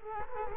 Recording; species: mosquito wingbeat signal from an infrared sensor; Culex quinquefasciatus